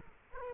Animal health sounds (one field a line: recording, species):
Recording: mosquito wingbeat signal from an infrared sensor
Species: Culex quinquefasciatus